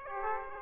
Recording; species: mosquito wingbeat signal from an infrared sensor; Aedes aegypti